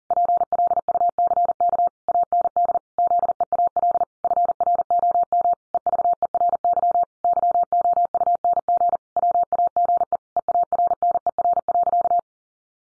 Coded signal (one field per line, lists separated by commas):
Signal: Morse code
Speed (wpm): 40 wpm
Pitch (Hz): 700 Hz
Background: none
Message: PLUCK AND ZEAL FROM EVERY YOUNG WAGE EARNER.